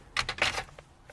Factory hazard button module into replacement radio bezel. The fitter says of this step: put it in here and it just snaps in place like that so no modification needed